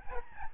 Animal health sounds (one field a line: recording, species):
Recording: mosquito wingbeat signal from an infrared sensor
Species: Aedes albopictus